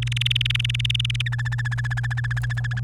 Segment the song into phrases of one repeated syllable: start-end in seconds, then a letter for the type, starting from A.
0.02-1.22 A, 1.26-2.80 B